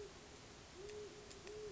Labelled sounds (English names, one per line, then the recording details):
Great Horned Owl
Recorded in Sonoma County, California